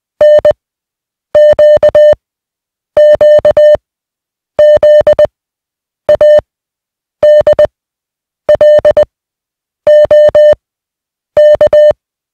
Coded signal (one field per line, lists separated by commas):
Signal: Morse code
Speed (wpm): 20 wpm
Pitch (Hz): 600 Hz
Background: music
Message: N Q Q Z A D L O K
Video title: Morse Code Practice Set Two: Receiving 150 Groups of 1 (20WPM)